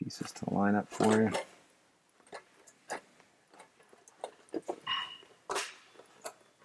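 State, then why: Seated. Someone talks while the roast chamber separator of a Gene Cafe coffee roaster is lined up and pushed with some force into the roaster chamber. A sharp click at 4.2 s comes amid several small knocks and clatters, and the separator locks right in, seated securely.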